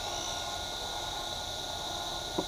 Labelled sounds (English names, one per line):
Pale-eyed Pygmy Tyrant